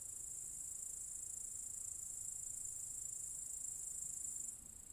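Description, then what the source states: High, continuous cicada drone, even and sustained for over four seconds before dropping quieter near the end. Several cicadas in an apple tree orchard at Zalensų Sodybos, Lithuania, recorded 23 August 2015.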